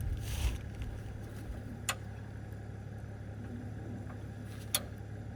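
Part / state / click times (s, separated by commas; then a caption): reversing latch lever on a high-lift jack / seated / 1.9 s, 4.7 s. The reversing latch lever of a steel high-lift jack is pushed all the way down, giving two sharp metallic clicks at 1.9 s and 4.8 s over a steady low rumble. The latch clicks into position and is seated.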